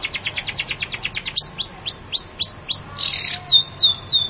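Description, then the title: Long-tailed shrike song: a quick run of sharp high chips, then loud downslurred whistles repeated about every quarter second, ending in a harsher buzzy phrase and clear whistled notes. Champion singing bird. "Kicau Burung Cendet Juara"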